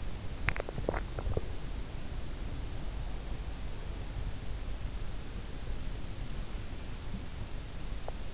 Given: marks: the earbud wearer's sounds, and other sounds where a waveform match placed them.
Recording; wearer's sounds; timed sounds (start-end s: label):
sounds in sleep by an in-ear microphone; swallowing, teeth grinding
0.26-1.87 s: swallowing
7.99-8.33 s: teeth grinding